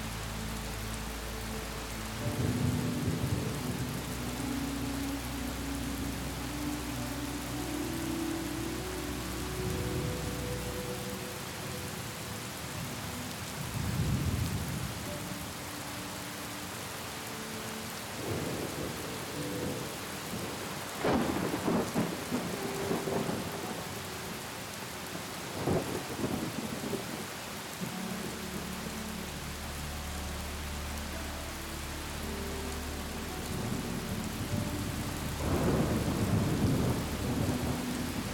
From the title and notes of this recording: SLEEP with Soothing STORM and Gentle MELODY. Soothing sounds of a storm and gentle melodies.